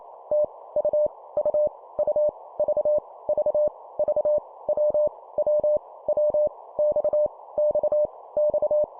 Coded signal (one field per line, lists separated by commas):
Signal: Morse code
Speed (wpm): 28 wpm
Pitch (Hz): 600 Hz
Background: none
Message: T U U U V V V W W W X X X